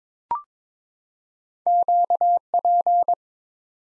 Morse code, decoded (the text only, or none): QP